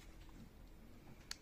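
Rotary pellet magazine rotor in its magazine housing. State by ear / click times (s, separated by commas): seated / 1.3 s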